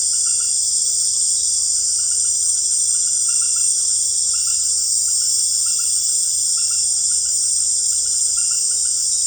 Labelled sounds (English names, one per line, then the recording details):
none
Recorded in secondary vegetation near Puerto Asís, Putumayo, Colombia, on 21 December 2024 at 18:30
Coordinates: 0.488, -76.319
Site GP04